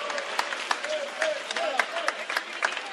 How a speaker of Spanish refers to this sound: Imaginad 60 tíos gritando tu nombre a más no poder, le hacen entrega de su regalo, la camiseta, vitoreos.